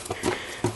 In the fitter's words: and you'll hear it snap right in